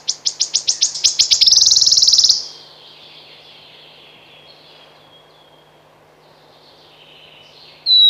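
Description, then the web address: Wood warbler song: rapid high ticks speeding into a brief shivering trill, then faint sounds and a loud note at the end. "Kurs PTTK Przyroda Ptaki Świstunka leśna"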